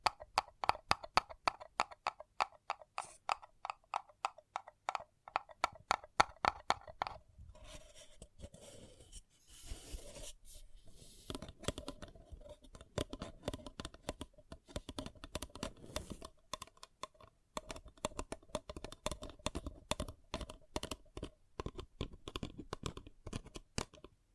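Paper cup tingles: rapid crisp clicks and taps in dense bursts, pausing briefly near ten seconds, then resuming as busier crinkly tapping.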